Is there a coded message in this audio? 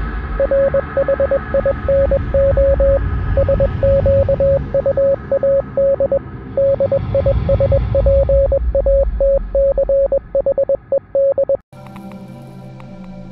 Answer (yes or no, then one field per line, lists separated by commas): yes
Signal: Morse code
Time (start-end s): 0.4-11.6 s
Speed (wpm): 21 wpm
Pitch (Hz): 550 Hz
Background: music, radio noise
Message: RHINO SQUAD DISPATCHED